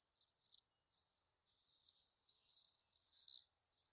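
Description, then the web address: Common swift screams: shrill, high-pitched screeching bursts repeated about every half second to second, with short silent gaps between them. "sound Common-swift. صدای-پرنده-بادخورک-معمولی"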